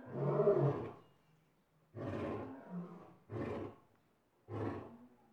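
Lion roar opening with one long deep moan, followed by three shorter grunting bursts.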